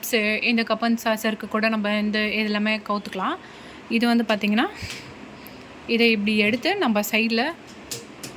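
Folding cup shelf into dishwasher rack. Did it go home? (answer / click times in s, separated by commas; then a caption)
yes / 7.9 s, 8.2 s. A small folding cup and spoon shelf on the side of a Bosch 14-place dishwasher rack is lifted and turned up into its upright position while someone talks. Short clicks are heard at 7.9 s and 8.2 s as the shelf seats, and it then stays standing.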